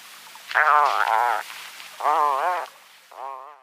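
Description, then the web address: Atlantic puffin uttering three drawn-out, quavering moans, the last one softer. "Atlantic Puffin"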